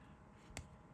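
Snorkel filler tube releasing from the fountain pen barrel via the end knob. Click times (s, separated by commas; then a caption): 0.6 s. The end knob of a Sheaffer Snorkel fountain pen is turned, and the snorkel filler tube releases from the barrel with a single short, sharp click at 0.6 s over a quiet low hum. The snorkel tube extends, released.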